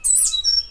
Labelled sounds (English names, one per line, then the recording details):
Stitchbird song
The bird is a male
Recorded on Tiritiri Matangi Island, New Zealand, in 2005
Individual 8, of nest box 10